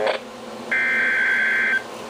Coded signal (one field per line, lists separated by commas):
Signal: Emergency Alert System (SAME) tones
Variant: header bursts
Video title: Flash Flood Warning (EAS Alert #688)